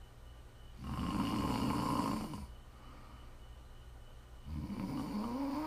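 ASMR snoring from an adult sleeper: two long, loud snores about two seconds apart, each a rough low buzz around 200 Hz with harmonics, the second rising in pitch toward its end, with quiet breathing pauses between.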